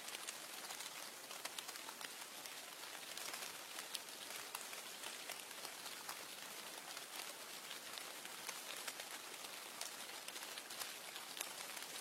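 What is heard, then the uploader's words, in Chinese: Steady rain patters densely outside a window, a bright hiss with countless small drops ticking continuously and no pauses over the twelve seconds. 温馨阁楼卧室 窗外雨雪天。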